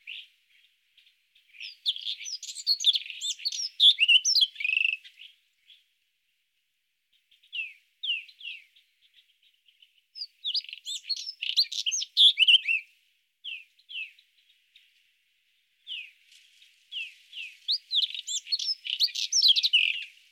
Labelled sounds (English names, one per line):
White-throated Robin song